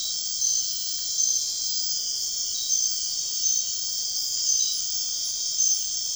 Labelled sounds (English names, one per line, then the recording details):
none
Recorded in dense forest near Puerto Asís, Putumayo, Colombia, on 9 March 2025 at 00:30
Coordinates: 0.499, -76.324
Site GP03